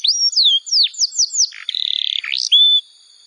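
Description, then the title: Bar-winged prinia singing a few quick slurred whistles, then a harsh buzzy note and a short level whistle before falling quiet. "Ciblek Sawah"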